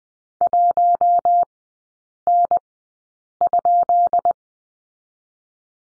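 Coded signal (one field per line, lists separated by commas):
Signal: Morse code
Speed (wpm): 20 wpm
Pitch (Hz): 700 Hz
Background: none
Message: 1N?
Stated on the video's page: Morse course lesson on the question mark, Farnsworth speed 20/10 wpm, three-character groups.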